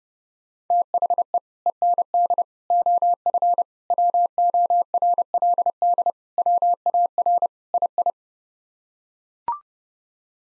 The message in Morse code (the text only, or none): THE END OF WORLD WAR II